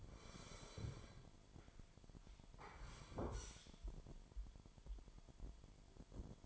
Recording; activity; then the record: daily activity, microphone in the room; sit down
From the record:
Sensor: 5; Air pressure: 998.6 hPa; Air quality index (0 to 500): 92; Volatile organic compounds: 2 ppm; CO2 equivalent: 1050 ppm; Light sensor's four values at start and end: 33/80/33/37 and 33/81/33/37